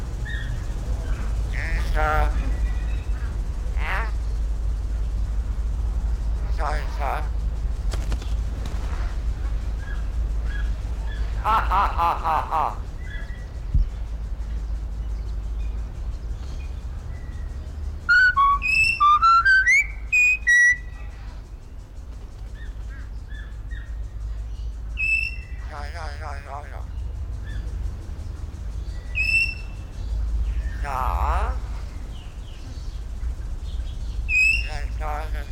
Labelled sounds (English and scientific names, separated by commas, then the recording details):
Common Hill Myna (Gracula religiosa)
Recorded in captivity
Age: adult
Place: Zoo Berlin, Berlin, DE
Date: 1993-08-04 18:53
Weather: heiter,25 °C
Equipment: Marantz CP 430, Sennheiser ME 80, Kopie Uher Variocord 263
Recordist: Tembrock, Günter